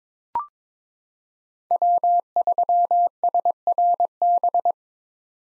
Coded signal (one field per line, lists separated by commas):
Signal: Morse code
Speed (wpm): 22 wpm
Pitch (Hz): 700 Hz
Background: none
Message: W3SRB